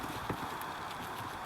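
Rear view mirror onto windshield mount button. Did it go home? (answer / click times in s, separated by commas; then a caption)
no / none. A new auto-dimming rear view mirror for a 2011-2014 Ford Mustang is slid down onto the windshield mount button, giving a short knock at 0.3 s over a steady background hiss. The mirror does not lock into place, so nothing has seated or clicked yet.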